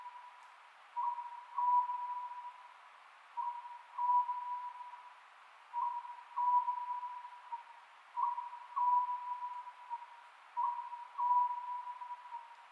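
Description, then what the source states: Oriental scops owl with regular two-part phrases, a clipped first note then a held second, five phrases in steady rhythm against a constant steady tone. Recorded 27 May 2010 at 22:21.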